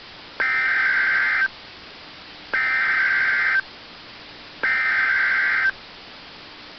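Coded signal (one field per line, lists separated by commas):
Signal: Emergency Alert System (SAME) tones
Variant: header bursts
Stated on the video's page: Simulated EAS scenario of a nuclear missile alert.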